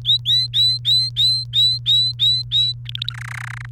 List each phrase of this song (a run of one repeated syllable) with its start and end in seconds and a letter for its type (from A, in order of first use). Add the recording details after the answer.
0.05-2.73 A, 2.85-3.13 B, 3.14-3.66 C. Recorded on 28 April 2018 at 13:44. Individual llb3